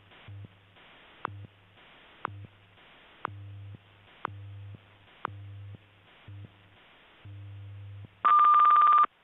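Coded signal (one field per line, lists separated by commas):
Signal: radio time signal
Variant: WWVH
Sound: short ticks about once a second over a low hum, then a long high tone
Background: radio static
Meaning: The long 1200 Hz tone marks the start of a new minute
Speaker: at the tone 22 hours 29 minutes coordinated universal time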